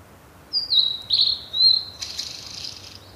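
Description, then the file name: Blue-and-white flycatcher song of three sweet, high whistled notes, dipping then steady, followed by a scratchy buzzing flourish. "oruri"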